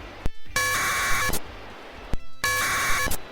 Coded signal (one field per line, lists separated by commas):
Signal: packet radio (AX.25, as in APRS)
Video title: Interface para #APRS por menos de 3 euros.